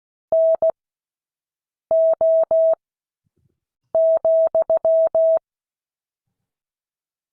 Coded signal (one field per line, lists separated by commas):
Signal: Morse code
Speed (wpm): 16 wpm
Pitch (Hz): 650 Hz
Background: none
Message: NO,